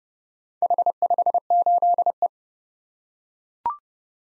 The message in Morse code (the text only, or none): H58E